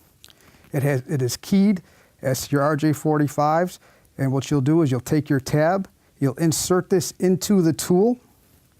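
Someone talks while handling a plastic RJ45 modular plug with the wires inserted, getting ready to push it into a crimping tool's die so its tab latches. Only a couple of faint ticks near 0.2 and 0.3 s break through the speech. Nothing has seated or clicked yet.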